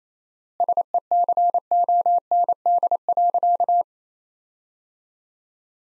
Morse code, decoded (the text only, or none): SECOND.